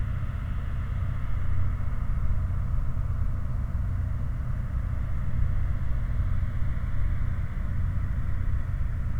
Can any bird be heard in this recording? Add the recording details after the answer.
no. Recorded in the Prudhoe Bay oil fields, Alaska, on 16 August 2019 at 00:48. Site 29